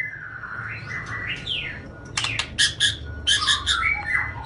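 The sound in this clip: Oriental magpie-robin song: sweeping slurred whistles followed by bursts of harsh, scratchy chattering notes, over a low background hum.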